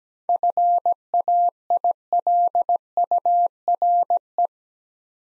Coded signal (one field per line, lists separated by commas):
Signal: Morse code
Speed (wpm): 17 wpm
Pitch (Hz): 700 Hz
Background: none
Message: FAILURE